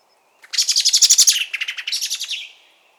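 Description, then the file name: Common blackbird chattering call, a rapid burst of harsh, pulsed notes run together for about two seconds, loudest at the start and fading toward the end. "Turdus merula"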